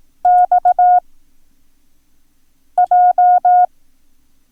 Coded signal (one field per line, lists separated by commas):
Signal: Morse code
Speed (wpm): 18 wpm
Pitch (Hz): 720 Hz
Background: none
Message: XJ